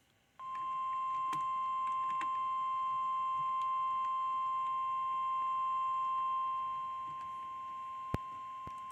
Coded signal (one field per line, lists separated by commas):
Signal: Emergency Alert System (SAME) tones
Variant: 1050 Hz attention tone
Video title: EAS Alert #124. Severe Thunderstorm Warning.